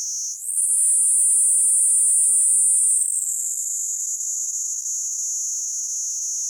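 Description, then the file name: Kuroiwa's cicada buzz rising quickly to a loud high drone, then easing slightly lower and softer, staying continuous to the end. Recorded 19 April 2018. "180419 kuroiwaniinii"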